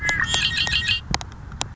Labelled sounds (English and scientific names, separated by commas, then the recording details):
Red-winged Blackbird (Agelaius phoeniceus)
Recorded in Sonoma County, California